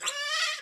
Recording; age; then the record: pig call; piglet (1 to 25 days)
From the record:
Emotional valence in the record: negative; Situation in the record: restrain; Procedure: in the arms of a person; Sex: male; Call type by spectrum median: high-frequency call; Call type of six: high-frequency stable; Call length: 0.62 s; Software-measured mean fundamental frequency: 304 Hz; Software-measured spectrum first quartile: 2016 Hz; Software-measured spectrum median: 3177 Hz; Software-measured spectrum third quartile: 5008 Hz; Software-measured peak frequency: 1928 Hz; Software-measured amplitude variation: 113 dB a second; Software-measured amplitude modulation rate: 21.8 a second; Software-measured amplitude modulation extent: 5.2 dB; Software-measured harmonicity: 9.0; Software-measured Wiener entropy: -2.12